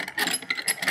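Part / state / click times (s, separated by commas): upper roller cage onto rollers of a core chuck / seated / 0.5 s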